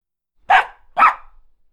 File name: short high-pitched bark of a small dog